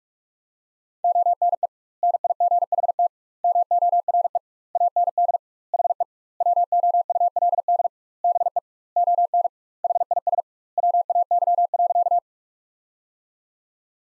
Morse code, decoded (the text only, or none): ONE NIGHT MORE AND HE WOULD BE ON HIS WAY.